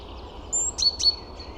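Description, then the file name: Great tit call, a high steady whistle leading into two sharp downslurred notes with flat tails, against low rumbling background noise. "Parus major"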